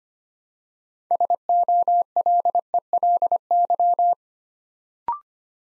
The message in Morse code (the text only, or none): SOLELY